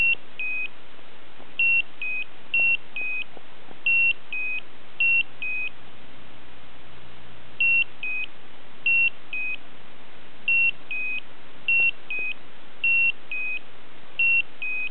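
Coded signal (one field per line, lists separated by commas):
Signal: beep code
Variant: Slendertone toning belt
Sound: repeated two-note electronic beeps, high then lower, pairs about every second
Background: quiet room hiss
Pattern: 2 short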